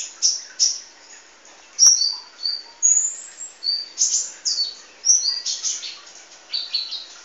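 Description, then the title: Oriental magpie-robin singing a lively medley of clear whistled notes, quick slurs and sharp chips, delivered in uneven bursts over several seconds, against a quiet background. "Kicau Kacer"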